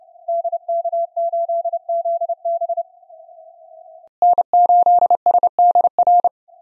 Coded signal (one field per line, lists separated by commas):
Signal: Morse code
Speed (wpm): 28 wpm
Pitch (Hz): 720 Hz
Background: none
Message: DK8ZB N8SDR